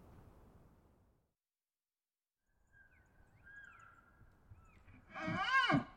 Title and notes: Wild Elk Bugles. multiple herds surround campsite in early morning hours. Recorded in the Beautiful Pacific Northwest in Washington, Untied States